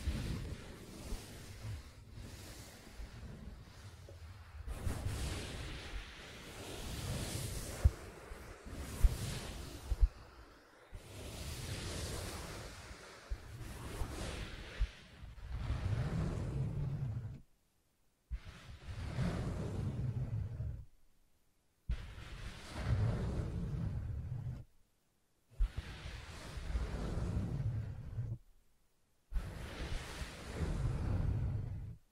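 Fingers scratch and tap on a soft fabric surface in repeated bursts, rough and rustling, separated by short silences that grow more regular later on.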